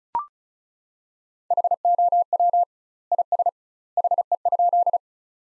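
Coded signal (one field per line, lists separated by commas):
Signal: Morse code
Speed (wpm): 34 wpm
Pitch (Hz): 700 Hz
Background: none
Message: HOW IS HE?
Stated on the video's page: Morse practice sentences from the top 100 words at 35wpm with 2x standard word spacing, analogous to Farnsworth, for head-copy training.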